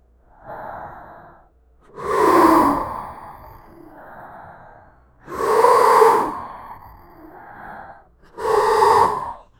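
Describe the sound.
Grizzly bear heavy breathing: loud, breathy breaths about every three seconds, alternating with softer, hoarse ones.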